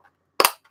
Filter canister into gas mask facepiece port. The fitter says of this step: we go you can hear that clicked on properly now